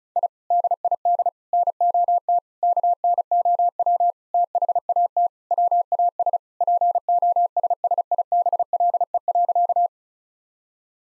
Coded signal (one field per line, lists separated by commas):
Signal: Morse code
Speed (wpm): 36 wpm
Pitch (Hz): 700 Hz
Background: none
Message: I DID NOT KNOW THAT WAS POSSIBLE.